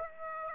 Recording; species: mosquito wingbeat signal from an infrared sensor; Aedes aegypti